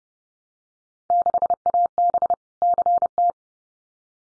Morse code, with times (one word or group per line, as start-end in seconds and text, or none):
1.1-2.3 6AB
2.6-3.3 CT